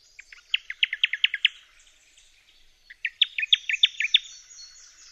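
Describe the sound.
Newtonia song: two bursts of rapid, high, sharp notes, several per burst, separated by a short pause.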